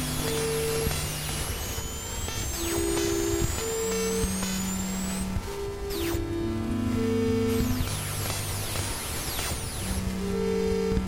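Electromagnetic interference fills the recording with a dense, steady hiss and crackle. Over it, low and midrange tones switch on and off in irregular held blocks, while bright chirping tones sweep up and down repeatedly, with a denser cluster around two and eight seconds.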